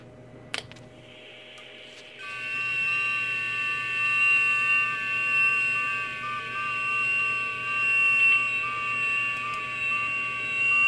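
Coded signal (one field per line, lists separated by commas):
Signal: FT8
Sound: several steady overlapping whistling tones with slight pitch steps, like soft flutes, after brief quiet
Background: faint radio hiss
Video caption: contact 20 meters FTA [Music] [Applause] [Music] fifth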